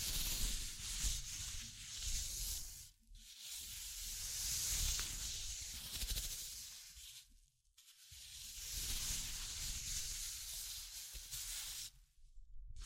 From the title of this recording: Tapping, Scratching, Tracing and Panning